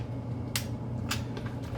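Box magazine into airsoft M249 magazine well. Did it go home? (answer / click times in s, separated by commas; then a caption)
yes / 0.6 s. A wired box magazine, with its battery loaded and full of BBs, is pushed into the magazine well of an airsoft M249 light machine gun. A sharp click at 0.6 s marks it latching. A second, softer click follows near 1.1 s, then faint ticks around 1.4 s and 1.5 s over a low steady hum, and the magazine is seated.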